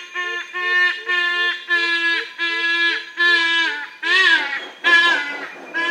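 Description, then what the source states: Yellow-casqued hornbill calls: a run of loud, nasal, harmonic-rich braying notes repeated steadily, growing harsher and more strident toward the end. More than one bird, described as singing.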